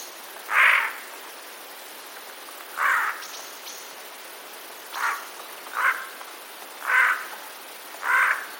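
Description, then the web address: Eurasian jay repeating rough, grating alarm screeches, six calls at uneven intervals, some louder than others, over a faint hiss. Recorded 26 September 2021; jay's alarm call, described as a warning call. "wroblowe ostrzegator sojka 26 09 2021"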